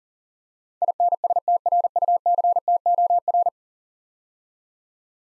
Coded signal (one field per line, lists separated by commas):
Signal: Morse code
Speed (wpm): 40 wpm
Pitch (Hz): 700 Hz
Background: none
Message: INSTRUCTOR